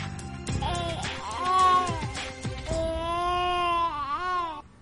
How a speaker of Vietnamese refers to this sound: Cô nhóc chỉ lớn bằng hai bàn tay của người trưởng thành phát ra tiếng khóc không quá to rõ, nhưng vẫn rất khỏe mạnh.